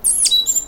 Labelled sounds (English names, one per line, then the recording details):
Stitchbird song
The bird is a male
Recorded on Tiritiri Matangi Island, New Zealand, in 2005
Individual 1, of nest box 1